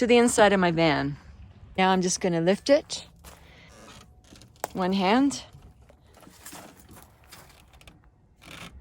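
A tilting bike rack frame on its hitch mount is lifted back up with one hand while someone talks, with scattered light knocks and a sharp tap around 4.6 s. The clip ends just before the rack goes home, so the tilt lock has not yet clicked into place.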